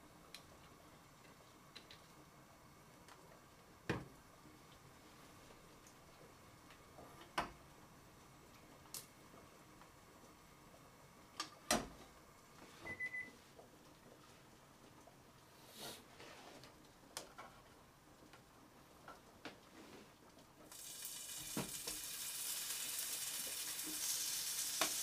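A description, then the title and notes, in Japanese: Cooking tomato sauce pasta: sharp knocks and clicks of utensils land every few seconds over a quiet low hum, with a brief high beep near the thirteenth second. Around 21 seconds a loud, bright sizzle begins and holds steady to the end. 環境音 トマトソースパスタの一部始終。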